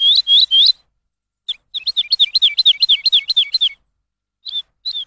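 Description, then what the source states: Lark singing: a few sweeping whistles, then a fast string of slurred, descending high notes, ending with two separate chirps. Lark song used for training songbirds.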